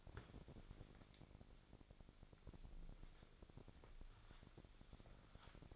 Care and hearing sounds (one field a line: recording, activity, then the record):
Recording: daily activity, microphone in the room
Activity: wipe stove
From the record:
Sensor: 5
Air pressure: 1001.7 hPa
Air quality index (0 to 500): 175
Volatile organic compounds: 10 ppm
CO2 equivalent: 2243 ppm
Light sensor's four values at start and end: 22/77/29/30 and 23/79/30/31